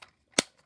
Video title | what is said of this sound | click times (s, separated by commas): Combiner Wars Long Haul Review (3/7) | the feet, fold them in and make sure they snap into place. | 0.4 s